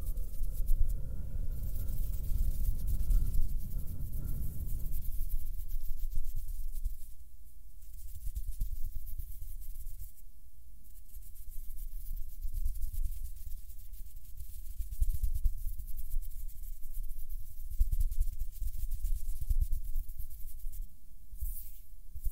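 Soft hand movements make quiet, irregular rustling and brushing throughout. For the first five seconds a low rumble and a faint steady hum sit underneath, then drop away. Light scuffs and rubs continue, a little louder around ten seconds and near the end.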